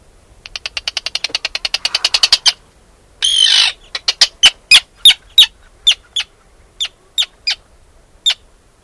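Arctic tern calling in a fast series of short harsh notes growing louder, then one long rasping screech, followed by sharp kik notes spaced further apart as the bout slows.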